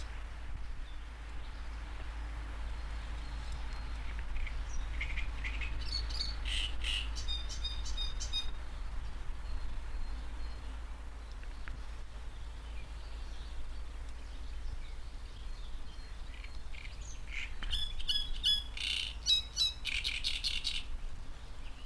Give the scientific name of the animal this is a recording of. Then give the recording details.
Acrocephalus arundinaceus. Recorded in the wild. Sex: male. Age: adult. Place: Zeuthener See, Berlin, DE. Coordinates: 52.35, 13.64. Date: 1993-05-23. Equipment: Uher 4400 Report Monitor, Sennheiser ME 80, K 30 AV. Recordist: Fischer, Stefan. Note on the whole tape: Gesang